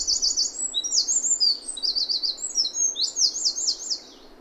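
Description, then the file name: Eurasian wren pouring out a rapid, high-pitched song of ringing trills and stuttered notes, several quick bursts running together for about four seconds before stopping. "Troglodytes troglodytes"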